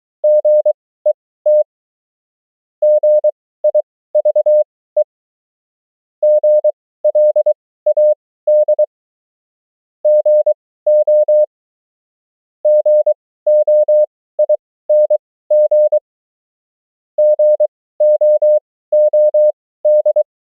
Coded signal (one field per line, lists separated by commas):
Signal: Morse code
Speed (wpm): 23 wpm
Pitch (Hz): 600 Hz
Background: none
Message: GET GIVE GLAD GO GOING GOOD